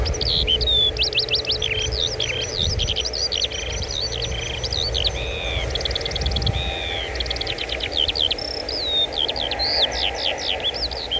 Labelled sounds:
Meadow Pipit (Anthus pratensis)
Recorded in the wild
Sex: male
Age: adult
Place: Wreechen, Insel Rügen, Mecklenburg-Vorpommern, DE
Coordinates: 54.3336, 13.4619
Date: 1979-06-26 17:15
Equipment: ITT Schaub-Lorenz Studio Recorder 72, Verstärker, MD 421 HL, Reflektor, Kopie Uher 4200 Report
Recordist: Tembrock, Günter

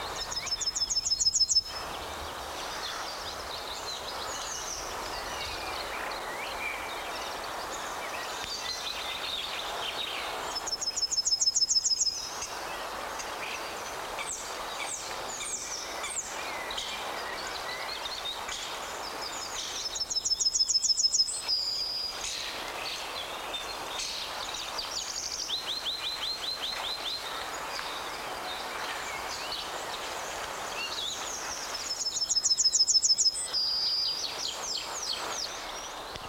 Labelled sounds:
Yellowhammer (Emberiza citrinella), European Starling (Sturnus vulgaris)
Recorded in the wild
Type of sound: song, call, call sequence, twittering
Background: Sturnus vulgaris
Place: Schildow, NSG, Kalktuffgelände am Tegeler Fließ (NSG Schildow), Berlin, DE
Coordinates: 52.642, 13.37
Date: 1993-04-20 11:20
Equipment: Sony WM-D6C, Sennheiser ME 80, K 30 AV, Kopie Tascam 22-2
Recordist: Quaisser, Christiane
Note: Gesang

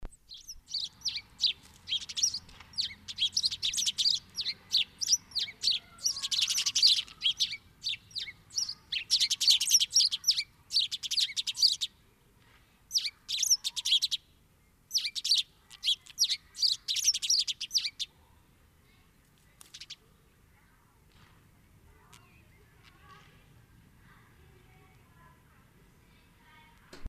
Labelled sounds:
House Sparrow (Passer domesticus) song
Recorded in the wild
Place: Kaiserslautern, Rheinland-Pfalz, DE
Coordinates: 49.4247, 7.77889
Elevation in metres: 279
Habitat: garden
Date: 1977-05-10
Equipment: Nagra IV, Sennheiser MKH 405, Parabolreflektor
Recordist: Tretzel, Erwin
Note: Aufnahme Mai 1977, Garten, Kaiserslautern: variables und erregtes Tschilpen

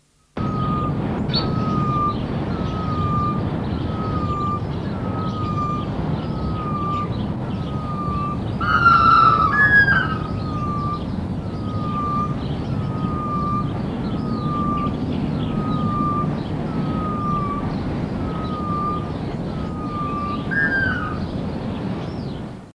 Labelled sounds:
Gray-headed Bushshrike (Malaconotus blanchoti) call, Red-naped Ibis (Pseudibis papillosa)
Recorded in captivity
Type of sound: call
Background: Pseudibis papillosa
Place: Zoo Frankfurt, Rheinland-Pfalz, DE
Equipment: Halbspur, 9,5 cm/s
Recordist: Lütgens, Hans
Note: mit Warzenibis

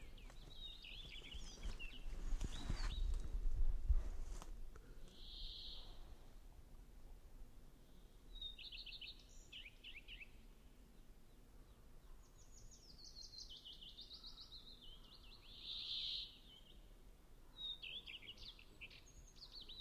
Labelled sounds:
Common Redstart (Phoenicurus phoenicurus) song
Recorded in the wild
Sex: male
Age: adult
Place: Halbinsel Kindo, Karelien, RU
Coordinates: 66.5361, 33.0567
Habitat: taiga
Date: 1998-06-18 12:51
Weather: 15°C, sunny
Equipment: Sony WM-D6C, Sennheiser ME 80, K 30 AV
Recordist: Frommolt, Karl-Heinz

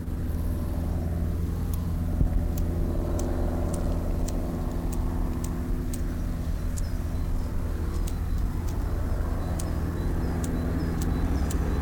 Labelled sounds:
Common Green Grasshopper (Omocestus viridulus) stridulation
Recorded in the wild
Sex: pair
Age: imago
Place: Lienen, Nordrhein-Westfalen, DE
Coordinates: 52.145, 7.974
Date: 1991-09-21 10:58
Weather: am Gras 18,1 °C, in der Sonne 29,8 °C
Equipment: Marantz, Sennheiser ME 80, Kopie Tesla B 116
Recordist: Tembrock, Günter

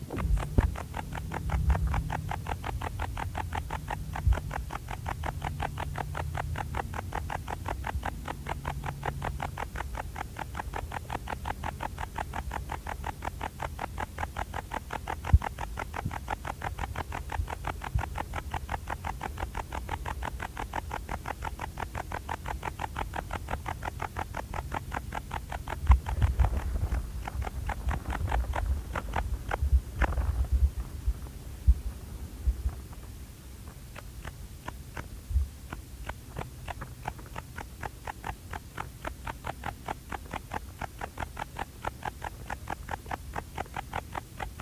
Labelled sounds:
Bog Bush-cricket (Metrioptera brachyptera) stridulation
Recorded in the wild
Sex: male
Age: imago
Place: Königswartha, Oberlausitz, Sachsen, DE
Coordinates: 51.3203, 14.3083
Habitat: meadow
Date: 1989-08-10
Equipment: Riporter 6 RG-K, Sennheiser MKH 416 T, Kopie Uher Report Stereo IC
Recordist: Frommolt, Karl-Heinz

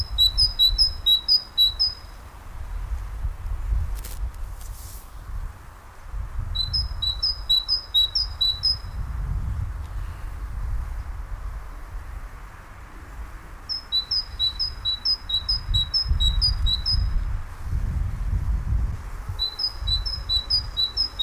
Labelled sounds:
Great Tit (Parus major)
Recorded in the wild
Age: adult
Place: Karower Teiche, Naturpark Barnim, Berlin, DE
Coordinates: 52.6222, 13.4597
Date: 2003-03-15 13:32
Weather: sunny, 7°C
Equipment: Nagra SN, Kopie Uher 4000 Report Monitor
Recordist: Tembrock, Günter
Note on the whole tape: Rufreihen

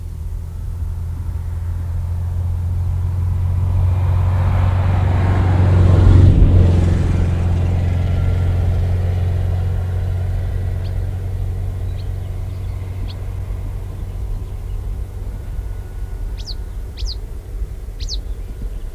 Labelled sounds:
Marsh Warbler (Acrocephalus palustris)
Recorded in the wild
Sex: male
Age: adult
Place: Wiesenthau, Bayern, DE
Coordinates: 49.7128, 11.1353
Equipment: Maihak, Original, Vollspur
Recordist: Tretzel, Erwin
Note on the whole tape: Männchen: Gesang. Imitationen/Elemente: Kohlmeisen ("sitü" u.a.), Grünspecht - Rufe, "da qui", Stieglitz, "pink - trrr", "krrr - fi(d)", Spatzenlaute, Goldammer ("zü", "zlep"), lange Reihen unbedeutender Laute (relativ leise), "gi gi ga ga", kurz Rohrschwirl - Gesang, Grünspecht - Rufreihe, "da qui", "ü - da...", "da di di...", "da di ki...". Keine genaue Datumsangabe - 1960, 2.Teil

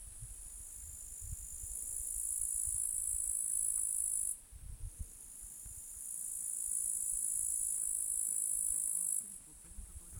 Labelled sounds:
Upland Green Bush-cricket (Tettigonia cantans) stridulation
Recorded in the wild
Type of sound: stridulation
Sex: male
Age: adult
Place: Turaida Museum Reserve, LV
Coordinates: 57.1839, 24.8508
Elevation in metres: 110
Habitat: park
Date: 2023-08-20 15:15
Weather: 25°C, weak wind, sunny
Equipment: Smartphone Huwai P20 Lite, Batcorder app
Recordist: Frommolt, Karl-Heinz
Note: Song of male Tettigonia cantans

